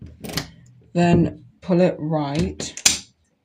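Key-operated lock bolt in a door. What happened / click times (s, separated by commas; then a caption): Key being turned in the lock; no bolt click yet / none. A key is inserted into a key-operated lock bolt in a door and turned to the right to lock it, with brief sharp handling sounds while someone talks. Nothing has clicked or seated yet.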